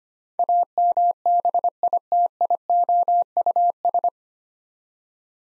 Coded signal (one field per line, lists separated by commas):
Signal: Morse code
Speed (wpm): 25 wpm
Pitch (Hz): 700 Hz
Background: none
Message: AMBITIOUS